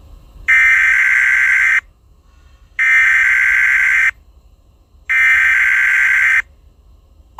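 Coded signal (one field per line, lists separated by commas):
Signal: Emergency Alert System (SAME) tones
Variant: header bursts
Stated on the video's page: Fictional EAS scenario about a film monster; simulated alert tones.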